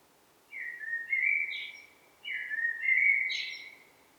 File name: Turdus merula